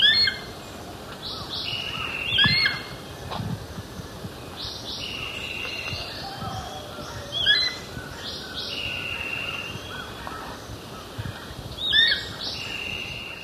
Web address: Natures Songs S America Eastern Lowlands Spizaetus tyrannus, calls subadult